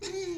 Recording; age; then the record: pig call; weaner (32 to 43 days)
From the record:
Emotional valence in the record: negative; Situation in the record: long isolation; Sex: female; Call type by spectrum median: low-frequency call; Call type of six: high-frequency stable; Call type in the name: high-frequency stable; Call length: 0.38 s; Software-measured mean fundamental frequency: 373 Hz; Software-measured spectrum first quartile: 366 Hz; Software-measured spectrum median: 864 Hz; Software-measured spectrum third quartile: 4563 Hz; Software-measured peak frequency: 360 Hz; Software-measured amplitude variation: 141 dB a second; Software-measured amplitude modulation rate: 20.9 a second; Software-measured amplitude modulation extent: 6.8 dB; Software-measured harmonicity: 11.7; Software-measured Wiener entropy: -3.28